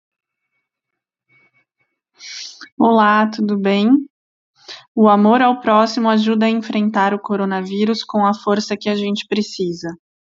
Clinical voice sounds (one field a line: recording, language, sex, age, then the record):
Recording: spoken sentence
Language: Brazilian Portuguese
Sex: female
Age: 30 to 39 years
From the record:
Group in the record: control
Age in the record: 33 years